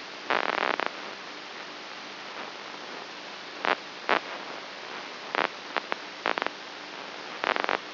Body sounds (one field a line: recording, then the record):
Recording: brain microelectrode recording played as sound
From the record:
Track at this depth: inside the subthalamic nucleus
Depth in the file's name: 5.84 mm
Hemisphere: right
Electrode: 2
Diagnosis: Parkinson's disease